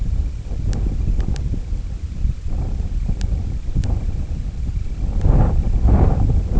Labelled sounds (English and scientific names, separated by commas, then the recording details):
Semipalmated Sandpiper (Calidris pusilla)
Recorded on Arctic tundra, site IGLO-D, on 25 June 2018
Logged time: 02:00